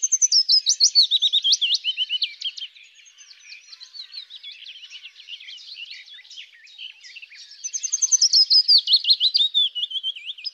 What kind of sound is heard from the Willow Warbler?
song